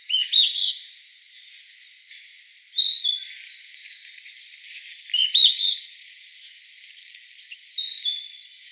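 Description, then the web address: Narcissus flycatcher song: four short, bright whistled phrases, roughly every two and a half seconds. "birdenaga kibitaki"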